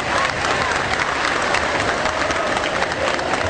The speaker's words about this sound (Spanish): Pero yo les pido que miren a quien tiene al lado, a quien tiene enfrente, y se aplaudan porque son ustedes quienes construyeron el país, son ustedes quienes construyeron la Argentina. Entonces un fuerte aplauso para cada uno de ustedes.